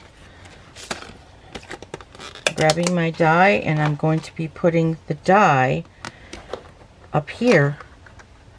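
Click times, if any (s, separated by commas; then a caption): none. A thin metal cutting die from a bloom die set is handled and positioned over its recess in a plastic hybrid embossing folder, which both cuts and embosses at the same time, while someone talks. Light tapping and handling clicks are heard between the phrases. The clip ends before the die goes home, and nothing has seated or clicked into place yet.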